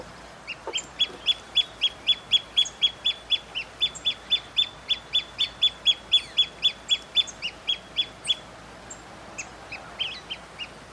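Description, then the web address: Pearl kite call: a long, fast, even run of high piercing notes, about four per second, breaking off near the end into a few scattered notes. "Pearl kite. کورکور-مرواریدی"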